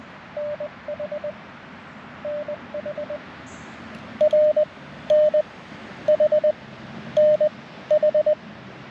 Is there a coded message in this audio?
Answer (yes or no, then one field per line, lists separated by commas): yes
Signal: Morse code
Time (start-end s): 0.4-8.3 s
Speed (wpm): 21 wpm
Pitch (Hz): 610 Hz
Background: radio noise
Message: NH NH R NH NH